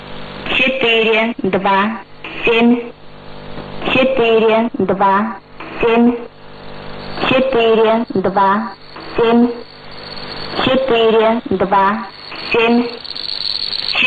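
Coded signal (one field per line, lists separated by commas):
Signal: numbers station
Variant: S06s Russian Lady, Russian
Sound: a woman's voice reading short words in even groups, over a narrow radio channel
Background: radio static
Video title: 12 03 2019 S06s Russian Lady numbers station in Russian to Eu 0730 on 7425 unknown tx site USB+AM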